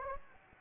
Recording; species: mosquito wingbeat signal from an infrared sensor; Anopheles gambiae